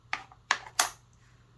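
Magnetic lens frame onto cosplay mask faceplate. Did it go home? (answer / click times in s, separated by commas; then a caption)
yes / 0.5 s. A magnetic lens frame fitted with super-glued earth magnets is brought to the face of a cardboard cosplay mask faceplate. Three sharp, bright clicks ring out at about 0.1, 0.5 and 0.8 seconds, and the frame snaps into position at 0.5 seconds. The lens frame is seated on the mask.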